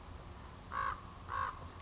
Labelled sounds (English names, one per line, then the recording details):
Common Raven
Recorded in Sonoma County, California